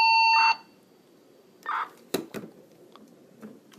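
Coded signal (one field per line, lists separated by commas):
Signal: radio ID data burst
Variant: MDC-1200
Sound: a brief steady beep, then two short raspy data bursts, then clicks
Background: radio handling clicks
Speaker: And when I let go, it'll do the end MDC too. So it's a pre and a post set on this channel.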